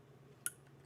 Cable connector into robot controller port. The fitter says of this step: and it clicks into place i really didn't have to put that much pressure into it you'll hear a click